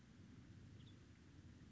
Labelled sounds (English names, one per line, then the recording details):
Western Tanager
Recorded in Sonoma County, California